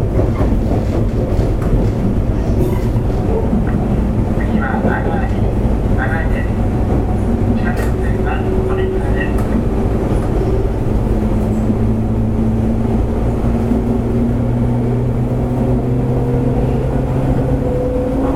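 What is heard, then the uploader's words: A local electric train runs steadily with a dense low rumble, a motor whine rising after eleven seconds, and faint clicks and voices. It is running sound of JR WEST 103 series train. I recorded a local train on the Hanwa Line. The section is from Tsurugaoka to Sakai shi.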